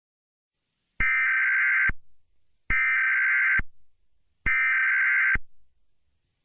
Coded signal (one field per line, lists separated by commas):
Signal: Emergency Alert System (SAME) tones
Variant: header bursts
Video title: EAS Scenario: Kidsco Shutdown